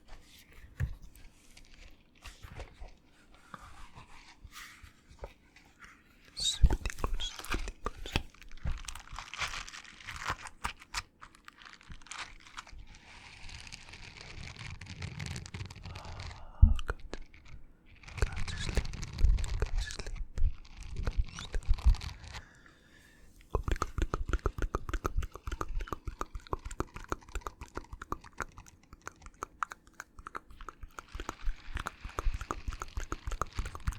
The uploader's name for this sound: Super Tingly Mouth Sounds